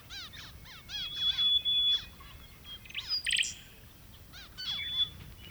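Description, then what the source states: Zebra finch calls: short nasal, harmonic notes in quick downward-curving bursts, a thin held whistle and a loud chirp midway, over faint background chatter. More than one zebra finch.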